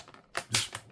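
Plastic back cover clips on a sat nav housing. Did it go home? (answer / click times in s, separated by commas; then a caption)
released / 0.4 s, 0.5 s. The plastic back cover clips on a TomTom GO 6000 sat nav housing are slowly pried open near the power button. They pop out with sharp clicks at 0.4 s and 0.6 s, with fainter ticks around them, and the cover is released.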